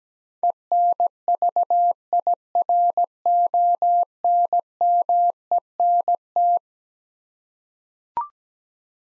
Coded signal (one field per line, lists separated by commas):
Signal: Morse code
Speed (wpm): 17 wpm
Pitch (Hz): 700 Hz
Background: none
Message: ENVIRONMENT